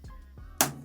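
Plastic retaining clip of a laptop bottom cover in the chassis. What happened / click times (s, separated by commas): A plastic retaining clip snapped loose / 0.6 s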